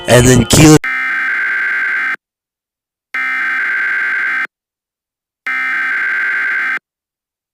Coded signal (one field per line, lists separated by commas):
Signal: Emergency Alert System (SAME) tones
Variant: header bursts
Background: speech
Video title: The Creature: An EAS Scenario